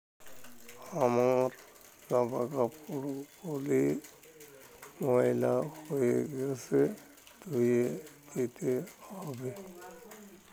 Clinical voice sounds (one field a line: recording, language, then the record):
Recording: elicited speech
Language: Bengali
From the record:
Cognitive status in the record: dementia